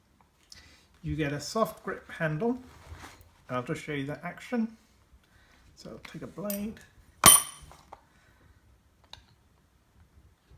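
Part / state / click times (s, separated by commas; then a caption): interchangeable screwdriver blade into handle / seated / 7.9 s, 9.1 s. Someone talks while an interchangeable screwdriver blade from a PB Swiss Tools 9516.RED screwdriver roll is pushed into its soft-grip handle. A bright clink sounds around 7.3 s. The blade's grooves then engage with a click at 7.9 s and another at 9.1 s, and the blade is seated in the handle.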